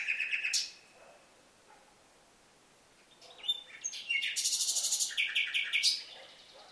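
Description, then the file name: Common nightingale singing a brief high phrase, then after a pause a longer run of fast, rattling repeated notes and sharp chirps. "Luscinia megarhynchos"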